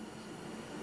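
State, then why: Not seated. The saw head of a Bosch GCM12SD Glide mitre saw is brought back from the right bevel toward the bevel detent in the bevel mechanism. A steady, even broadband noise with a low hum around 200 Hz runs at constant level throughout, with no distinct transients. Nothing has clicked or seated yet; the detent has not engaged.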